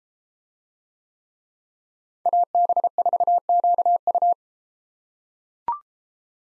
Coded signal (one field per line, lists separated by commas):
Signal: Morse code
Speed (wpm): 33 wpm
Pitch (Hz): 700 Hz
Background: none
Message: AB4QU